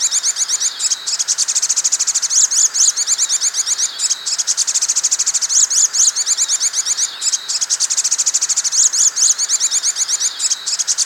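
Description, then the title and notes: Songbird song, a continuous high-pitched chatter of fast repeated chirps, with brief pauses every few seconds. Full set of songbird songs used to train captive songbirds. "Master Burung Kicau. Masteran Burung Kicau Lengkap"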